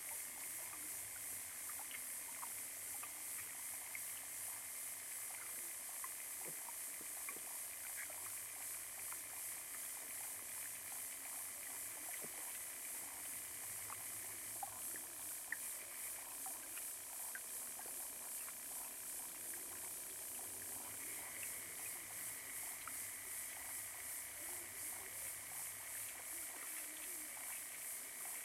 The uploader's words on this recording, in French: Petit étang. Enregistrement hydrophonique, Parc Jean-Jacques Rousseau (Ermenonville, France). Sound Devices 722; Aquarian Audio H2a-XLR hydrophones.